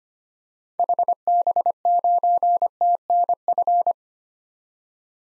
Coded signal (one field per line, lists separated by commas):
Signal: Morse code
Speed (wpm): 25 wpm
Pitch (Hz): 700 Hz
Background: none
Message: HB9TNF